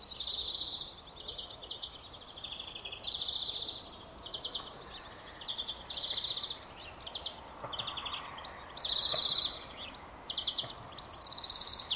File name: Chloris chloris